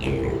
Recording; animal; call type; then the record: contact call of a hoofed animal; pig; closed-mouth grunt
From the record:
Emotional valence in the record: negative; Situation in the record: short social isolation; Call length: 0.40 s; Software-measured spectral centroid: 1570 Hz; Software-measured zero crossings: 1000 a second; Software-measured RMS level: -24 dBFS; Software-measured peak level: -11 dBFS